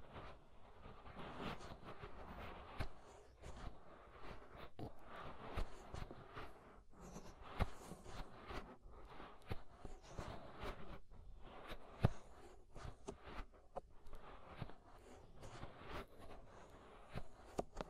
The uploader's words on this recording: Inner and Outer Ear Scraping (No Talking).